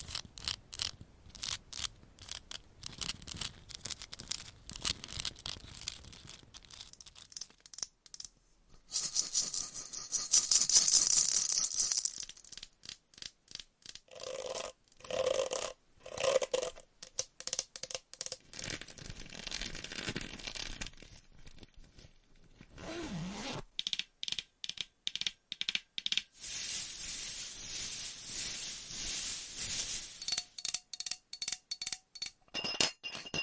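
Dry scratching and tapping come in bursts of fast, rhythmic strokes separated by brief pauses. A brighter, hissing scratch stands out around ten seconds and again near twenty-seven seconds. Short, regular taps and rubbing sounds follow toward the end.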